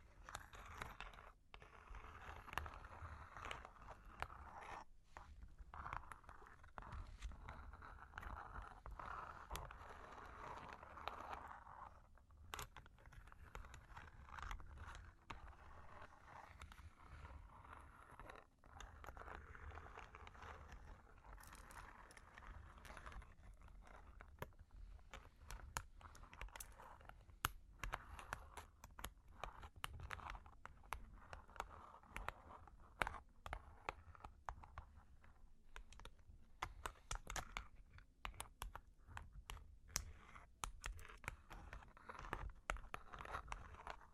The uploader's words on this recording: Long Claws Tapping and Scratching (No Talking).